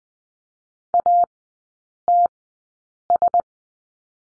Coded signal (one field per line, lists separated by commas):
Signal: Morse code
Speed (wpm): 20 wpm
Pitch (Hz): 700 Hz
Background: none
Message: ATS